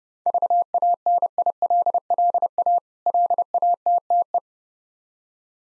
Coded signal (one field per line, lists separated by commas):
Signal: Morse code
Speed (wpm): 30 wpm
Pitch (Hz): 700 Hz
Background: none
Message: VANILLA LATTE